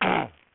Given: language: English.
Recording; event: throat vibration sensor signal played as sound; throat clearing